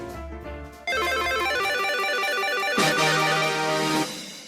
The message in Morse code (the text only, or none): none